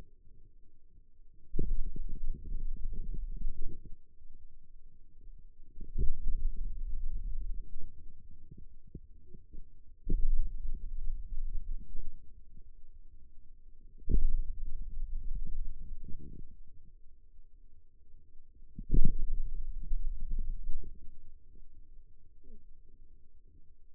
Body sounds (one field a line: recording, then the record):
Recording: forearm muscle sounds (acoustic myography)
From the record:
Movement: finger pinch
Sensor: system 2, bracelet of six BSWA MPA416 microphones around the upper forearm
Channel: 2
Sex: male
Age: 22 years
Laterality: right